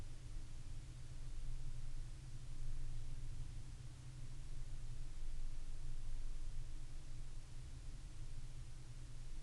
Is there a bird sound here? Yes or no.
no